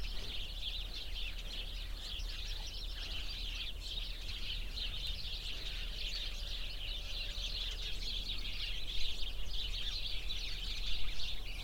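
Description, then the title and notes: Continuous chorus of sparrow chirps, many birds calling at once in an even, bright chatter, with steady low wind. Flock of sparrows in a bush beside a cow pasture, Hupperdange, windy summer morning. "hupperdange, sparrows and cows. Hupperdange - Bird Bush. The sounds of a bush full of sparrows nearby a cow pasture on a windy summer morning. Project - Klangraum Our"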